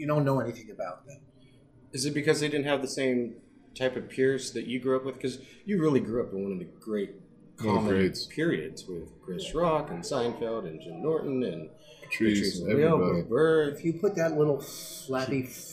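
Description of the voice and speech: A man speaks fluently in a conversational, questioning tone, at an easy pace with brief natural pauses and clear, moderately pitched voicing. Articulation and rhythm are ordinary, with no hoarseness, blocks or slurring. Plain normal adult speech in a quiet room.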